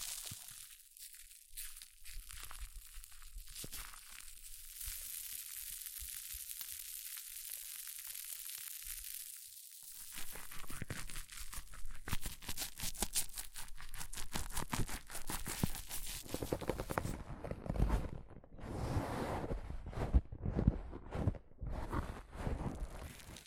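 Hair mousse fizzes in a steady bright hiss for ten seconds, then turns into dense, uneven crackling and crunchy rustles that continue to the end.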